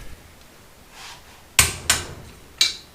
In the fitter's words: got one click